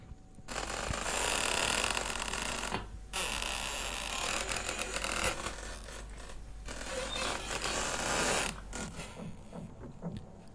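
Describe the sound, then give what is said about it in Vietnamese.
Old door hinges creak and grind as a door is slowly opened, in long, harsh scraping strains broken by a few brief pauses, loud and rough over a steady low hum. “Tiếng bản lề cũ kỹ vang lên đến giận cả người.”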